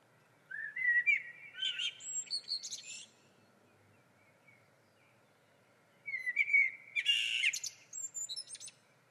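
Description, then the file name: Common blackbird, two song phrases separated by a pause, fluty warbling rising into shrill twittering over a low, constant background hiss. "Turdus merula"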